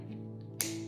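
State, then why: Seated. A two-tab side-release plastic buckle's male end is pushed into its female end until it clicks home at 0.6 s, a sharp, bright snap over a steady low hum. The buckle is seated.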